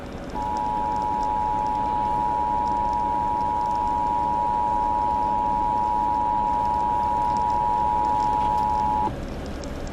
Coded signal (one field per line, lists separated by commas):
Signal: Emergency Alert System (SAME) tones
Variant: 853 and 960 Hz attention tone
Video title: EAS #29 - AM/FM Severe Thunderstorm Warning